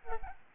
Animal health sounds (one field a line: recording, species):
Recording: mosquito wingbeat signal from an infrared sensor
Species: Aedes albopictus